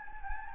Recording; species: mosquito wingbeat signal from an infrared sensor; Anopheles gambiae